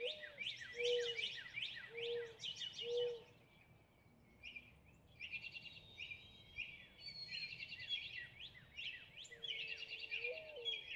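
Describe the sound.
Northern cardinal singing fast strings of slurred downward whistles, over low clear whistled notes from another bird at the start and end.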